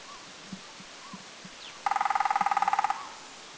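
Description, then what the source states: Crimson-breasted woodpecker gives a single fast drum roll of around twenty resonant strikes over one second; faint whistled notes and dull knocks come before it. Drumming recorded at Doi Lang, northern Thailand.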